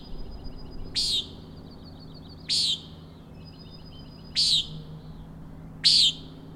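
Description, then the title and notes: Common nighthawk repeating loud nasal peents, four in a row spaced one to two seconds apart, with soft pulsed rattling notes between them. Three birds flying in a close follow-the-leader formation near the recordist, peenting and a rattling noise; Schoodic Head overlook, Acadia National Park, Winter Harbor, Maine; 061617, 4am. "Common Nighthawks, Schoodic Head 061617 4am. 3 common nighthawks making peenting calls and wings booms but also a rattling noise at the Overlook (410 ft) on Schoodic Head (435 feet) Schoodic division Acadia National Park Winter Harbor, ME"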